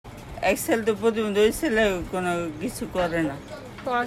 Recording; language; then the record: elicited speech; Bengali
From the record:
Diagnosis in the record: Broca's or global aphasia after a stroke